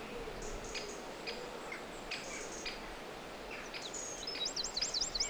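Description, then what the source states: Bird song: soft scattered ticks at first, then a loud, fast, high-pitched trill bursts in near the end. Forest birdsong.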